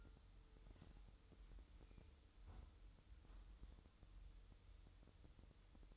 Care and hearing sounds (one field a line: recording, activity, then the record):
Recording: daily activity, microphone in the room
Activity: close fridge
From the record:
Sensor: 3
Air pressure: 988.4 hPa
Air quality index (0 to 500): 193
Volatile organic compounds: 289 ppm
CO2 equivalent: 4457 ppm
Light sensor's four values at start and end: 24/76/32/27 and 24/75/31/27